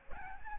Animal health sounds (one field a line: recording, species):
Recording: mosquito wingbeat signal from an infrared sensor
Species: Aedes albopictus